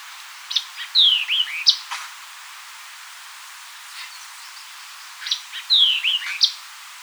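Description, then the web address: White-eyed vireo repeating its chipping, whistled phrase twice, a few seconds apart, with a brief click and faint background bird notes between. "White-eyed Vireo 2007 01 04 White-eyed Vireo 02"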